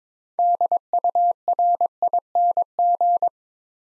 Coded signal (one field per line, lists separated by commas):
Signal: Morse code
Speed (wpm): 22 wpm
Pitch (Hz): 700 Hz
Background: none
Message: DURING